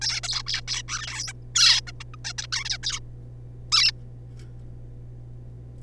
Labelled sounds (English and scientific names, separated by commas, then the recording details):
Zebra Finch (Taeniopygia guttata)
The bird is a juvenile
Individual R3549